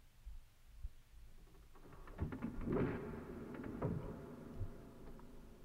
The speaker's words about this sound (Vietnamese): chúng tôi thấy từ trên bức tường phía sau long ỷ vọng lại những tiếng lộc cà lộc cộc rất lớn